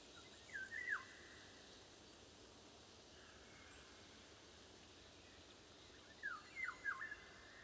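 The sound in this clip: Golden oriole song: two liquid, fluty whistled phrases several seconds apart, each a quick wavering run of notes, with constant wind-like hiss underneath.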